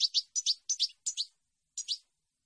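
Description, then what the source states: European goldfinch giving paired sharp chirping notes, repeated in quick doublets, four pairs then a pause and one more pair, in clean silence. Clean goldfinch song on CD, for birds to copy as song training.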